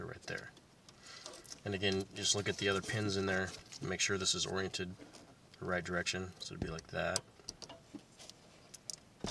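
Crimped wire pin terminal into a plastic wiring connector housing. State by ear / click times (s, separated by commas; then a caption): seated / 8.9 s. A crimped wire pin terminal from an AC compressor control unit bypass plug-and-play wiring kit for an 1988–1991 Honda Prelude is pushed into a cavity of a plastic wiring connector housing after its orientation is checked against the other pins, while someone talks. Light ticks are heard around 7.5 s, then a sharp click at 8.9 s as the terminal seats, with a tug confirming it stays in.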